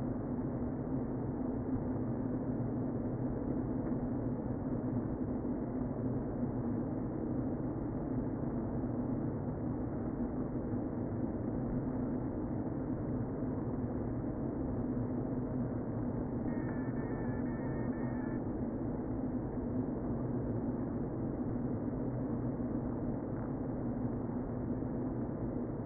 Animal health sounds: honeybee colony, microphone inside the hive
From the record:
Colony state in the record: queen present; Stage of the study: before two queens were removed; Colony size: about 60,000 bees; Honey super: yes

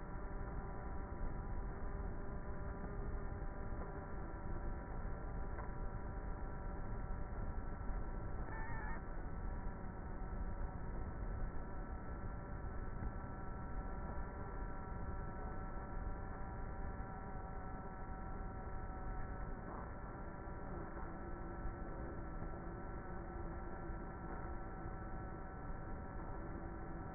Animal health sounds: honeybee colony, microphone inside the hive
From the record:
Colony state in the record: queenless with a low population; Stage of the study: before two queens were removed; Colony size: about 30,000 bees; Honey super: no

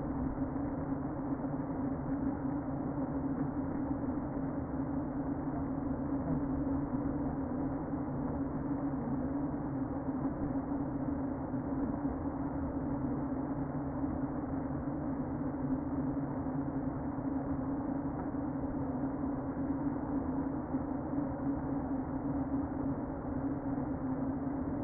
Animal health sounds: honeybee colony, microphone inside the hive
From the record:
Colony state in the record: queen present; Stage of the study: before two queens were removed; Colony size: about 60,000 bees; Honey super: yes

